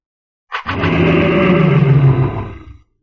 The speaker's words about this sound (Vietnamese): Hàng Lập lại lần nữa hóa thành thân chim mao cự viên, gầm lên mãnh liệt